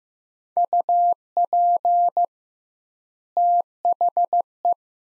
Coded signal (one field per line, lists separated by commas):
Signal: Morse code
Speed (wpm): 15 wpm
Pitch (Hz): 700 Hz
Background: none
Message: UP THE